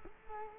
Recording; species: mosquito wingbeat signal from an infrared sensor; Culex quinquefasciatus